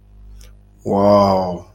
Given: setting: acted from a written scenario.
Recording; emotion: vocal sound without words; desire